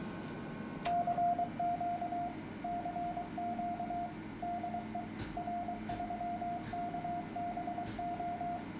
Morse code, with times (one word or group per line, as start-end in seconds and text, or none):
0.9-2.3 CQ
2.6-4.1 CQ
4.4-5.0 DE
5.4-8.6 R3KBO